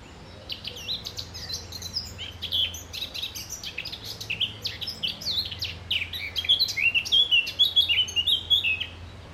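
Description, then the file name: Eurasian blackcap song: lively, tumbling warble of mixed chirps and fluty whistles, growing fuller toward the end, over a faint low hum. "Sylvia atricapilla"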